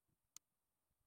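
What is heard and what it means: A left-side sensor connector, marked L, is pushed onto another sensor that sits flush against a door. A single sharp, bright click is heard at 0.4 s, standing out against near silence with only a few faint low thumps around it. The connector seats.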